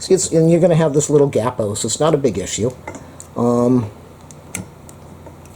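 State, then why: Seated. Someone talks while pushing together a metal connector and its mating tube on a 48-inch bronze garment rack, then goes quiet. After a few faint taps, a sharp click at 4.6 seconds marks the rack joint locking in place.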